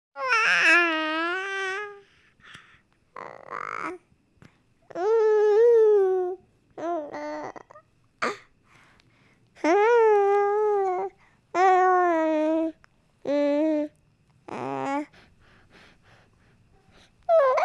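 A baby crying: about nine high-pitched wailing bursts, each one to two seconds long, separated by short gasping pauses and some fussing sounds. The cries are tonal and forceful, a typical infant cry with no other background noise.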